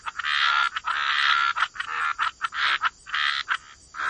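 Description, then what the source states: Frogs calling together, long rasping trills broken by brief pauses, with a thin steady high tone beneath. Frog chorus.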